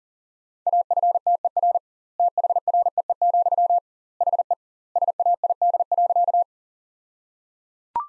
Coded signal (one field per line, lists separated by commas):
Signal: Morse code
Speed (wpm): 37 wpm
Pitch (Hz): 700 Hz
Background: none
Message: AFTER THREE, HE SAID.